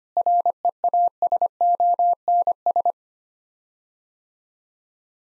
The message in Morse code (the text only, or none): REASONS